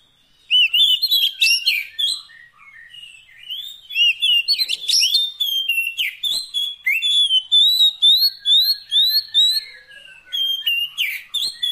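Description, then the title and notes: Oriental magpie-robin singing almost nonstop: fast, varied whistled notes, trills and sharp chirps that keep changing, with high slurred notes repeated in series. Long-duration fill-in song to get the bird singing eagerly day and night. "Kacer Jadi Gacor Siang Malam. Isian Kacer Durasi Panjang"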